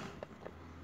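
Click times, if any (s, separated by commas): none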